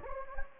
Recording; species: mosquito wingbeat signal from an infrared sensor; Anopheles gambiae